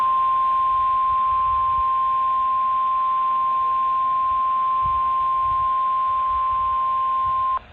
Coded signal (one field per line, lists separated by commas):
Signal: Emergency Alert System (SAME) tones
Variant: 1050 Hz attention tone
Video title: (EAS #466) Severe Thunderstorm Watch #301’s Expansion